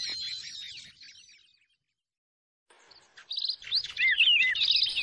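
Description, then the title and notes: Bar-winged prinia calls, busy twittering that fades into a short silence, then returns as quick, sharp, swooping chirps repeated rapidly. Lure sound of noisy small birds (burcil) meant to attract wild birds; local name ciblek. "Suara Pikat Burcil Ribut. ciblek"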